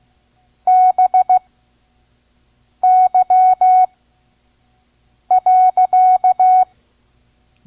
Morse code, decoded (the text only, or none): BY.